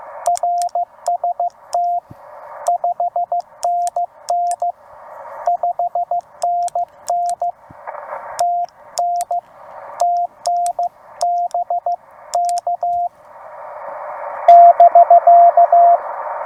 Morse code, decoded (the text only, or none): RST 5NN 5NN TN TN BK <BK>